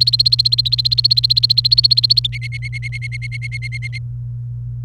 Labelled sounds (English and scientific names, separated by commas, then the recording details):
Domestic Canary (Serinus canaria) song
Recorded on 29 April 2018 at 09:29
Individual llb3